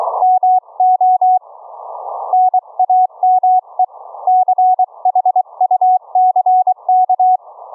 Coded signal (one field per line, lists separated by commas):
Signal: Morse code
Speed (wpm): 22 wpm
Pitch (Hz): 740 Hz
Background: none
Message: MO NAME CHUCK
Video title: Experimental Homebrew Remote Rig CW keying, Remote Rig duplex audio, using an AV Linux LIVE CD